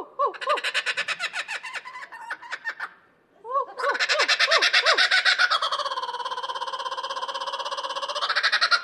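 Kookaburra laughing call: rising chuckles building to a loud, sustained, raucous cackle, with a brief pause midway before the laughter resumes.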